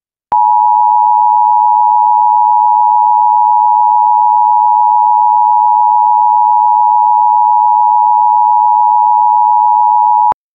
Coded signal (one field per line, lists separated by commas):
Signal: Emergency Alert System (SAME) tones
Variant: 853 and 960 Hz attention tone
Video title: Emergency Broadcast System Test mock